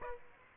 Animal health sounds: mosquito wingbeat signal from an infrared sensor; Aedes aegypti

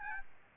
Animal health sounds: mosquito wingbeat signal from an infrared sensor; Aedes albopictus

